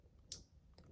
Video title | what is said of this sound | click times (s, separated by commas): Ktuned conversion harness install!! | it so you heard that little click get | 0.3 s